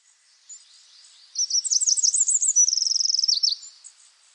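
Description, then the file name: Eurasian wren song, a quick two-second outpouring of high chattering notes that runs into a rapid even trill, then a few final notes before it stops. "Troglodytes troglodytes"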